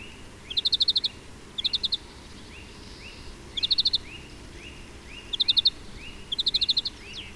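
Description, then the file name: European greenfinch calls: short rattling trills repeated every second or two, alternating with faint soft upslurred notes. "Chloris chloris"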